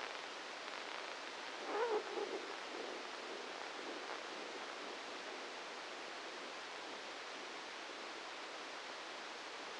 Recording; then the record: brain microelectrode recording played as sound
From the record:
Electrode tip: inside the subthalamic nucleus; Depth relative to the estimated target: -3 mm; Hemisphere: left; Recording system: NeuroSet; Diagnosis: Parkinson's disease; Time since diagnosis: 7 years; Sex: male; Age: 44 years